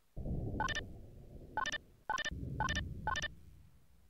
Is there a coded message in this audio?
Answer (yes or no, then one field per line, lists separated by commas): no